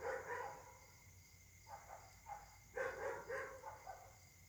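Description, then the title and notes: Dog barking, a quick burst, softer spaced barks, then another fast burst, with faint hum behind. Several dogs barking at night in Caltex, 3 Mares, Réunion; recorded on a Samsung Galaxy S8 smartphone with a partly clogged left microphone. "Caltex, 3 mares, Réunion - h08. La nuit s'annonce difficile pour les habitants: concert de chiens"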